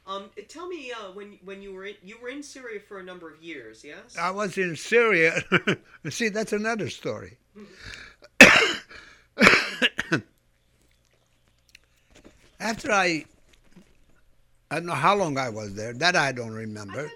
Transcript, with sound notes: Tell me, uh, when you were in, you were in Syria for a number of years, yes?
I was in Syria. ( he laughs ) See, that's another story. ( he coughs ) After I, I don't know how long I was there, that I don't remember.